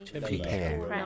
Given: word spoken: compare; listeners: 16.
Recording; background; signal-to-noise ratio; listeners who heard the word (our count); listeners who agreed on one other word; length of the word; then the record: one English word in noise, from a listening test; four-talker babble; 0.7 dB; 1 of 16; 10 of 16; 0.66 s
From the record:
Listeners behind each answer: 10, 2, 1, 1, 1, 1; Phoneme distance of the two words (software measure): 30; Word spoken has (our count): 2 syllables, 5 phonemes, stress on syllable 2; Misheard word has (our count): 2 syllables, 5 phonemes, stress on syllable 2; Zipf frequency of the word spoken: 4.23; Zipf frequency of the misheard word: 4.48